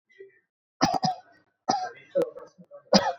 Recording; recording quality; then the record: shallow voluntary cough; moderate, slight background noise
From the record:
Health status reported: exposed to COVID-19, no respiratory illness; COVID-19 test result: negative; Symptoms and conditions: cough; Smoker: not ticked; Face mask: not worn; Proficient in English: yes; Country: India